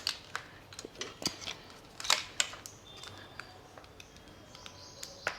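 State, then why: Not seated. A pruning saw attachment is pushed into the end of a long telescopic garden pole, with a series of short sharp ticks, taps and scraping rattles as it is worked into place. The attachment fails to lock, and nothing has seated or clicked yet.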